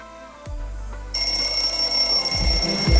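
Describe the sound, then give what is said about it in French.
A low thump, then an alarm clock starts ringing with a loud, steady, high-pitched electronic tone that holds without a break, while deep bass hits rumble underneath toward the end. “Allez, faut se lever, c'est l'heure du coup de boost. Le deuxième réveil de la journée.”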